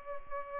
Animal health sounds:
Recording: mosquito wingbeat signal from an infrared sensor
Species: Culex pipiens

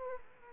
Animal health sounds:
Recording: mosquito wingbeat signal from an infrared sensor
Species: Aedes aegypti

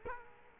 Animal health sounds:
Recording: mosquito wingbeat signal from an infrared sensor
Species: Culex quinquefasciatus

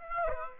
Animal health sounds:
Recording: mosquito wingbeat signal from an infrared sensor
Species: Aedes aegypti

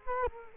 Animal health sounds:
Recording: mosquito wingbeat signal from an infrared sensor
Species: Culex quinquefasciatus

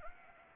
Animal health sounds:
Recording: mosquito wingbeat signal from an infrared sensor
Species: Anopheles arabiensis

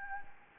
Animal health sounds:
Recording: mosquito wingbeat signal from an infrared sensor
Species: Anopheles gambiae

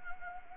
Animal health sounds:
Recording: mosquito wingbeat signal from an infrared sensor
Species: Anopheles gambiae

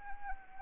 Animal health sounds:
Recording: mosquito wingbeat signal from an infrared sensor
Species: Anopheles arabiensis

